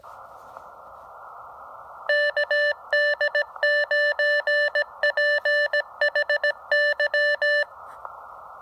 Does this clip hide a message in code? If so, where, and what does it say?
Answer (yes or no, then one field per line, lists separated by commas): yes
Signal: Morse code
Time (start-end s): 2.1-7.6 s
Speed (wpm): 17 wpm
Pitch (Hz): 1750 Hz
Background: none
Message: KD9PHY